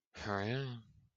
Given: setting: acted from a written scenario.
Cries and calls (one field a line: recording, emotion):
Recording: vocal sound without words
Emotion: contentment